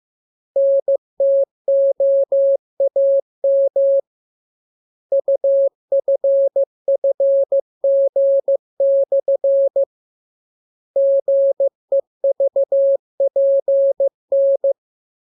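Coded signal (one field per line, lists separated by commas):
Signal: Morse code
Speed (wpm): 15 wpm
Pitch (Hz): 550 Hz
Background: none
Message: NTOAM UFFG/ GEVPN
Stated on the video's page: Morse lesson 27 with letters, numbers, punctuation and Q-code; radiogram opens with VVV and section sign "=", ends with AR.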